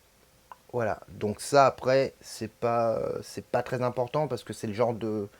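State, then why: Seated. A plastic, imitation-metal armature piece clips into place on the rubble display base of a Hot Toys Batman The Dark Knight 1/4 scale figure, with a single sharp tick at 0.5 s. It seats, and someone then talks.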